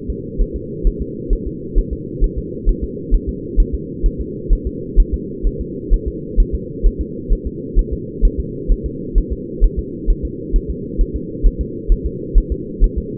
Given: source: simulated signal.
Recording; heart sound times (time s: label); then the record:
fetal heart sounds
0.10 s: S2
0.41 s: S1
0.56 s: S2
0.87 s: S1
1.02 s: S2
1.33 s: S1
1.47 s: S2
1.78 s: S1
1.93 s: S2
2.24 s: S1
2.38 s: S2
2.69 s: S1
2.84 s: S2
3.14 s: S1
3.29 s: S2
3.60 s: S1
3.74 s: S2
4.06 s: S1
4.20 s: S2
4.53 s: S1
4.67 s: S2
5.00 s: S1
5.14 s: S2
5.47 s: S1
5.61 s: S2
5.94 s: S1
6.08 s: S2
6.40 s: S1
6.55 s: S2
6.86 s: S1
7.01 s: S2
7.33 s: S1
7.47 s: S2
7.79 s: S1
7.93 s: S2
8.25 s: S1
8.39 s: S2
8.72 s: S1
8.86 s: S2
9.18 s: S1
9.32 s: S2
9.64 s: S1
9.79 s: S2
10.10 s: S1
10.25 s: S2
10.56 s: S1
10.70 s: S2
11.01 s: S1
11.16 s: S2
11.46 s: S1
11.61 s: S2
11.92 s: S1
12.06 s: S2
12.38 s: S1
12.52 s: S2
12.84 s: S1
12.98 s: S2
From the record:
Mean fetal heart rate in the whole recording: 130 bpm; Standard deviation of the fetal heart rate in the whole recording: 2 bpm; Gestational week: 38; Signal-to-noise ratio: -4.1 dB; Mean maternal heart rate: no maternal heart sound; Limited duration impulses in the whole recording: absent